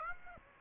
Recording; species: mosquito wingbeat signal from an infrared sensor; Aedes aegypti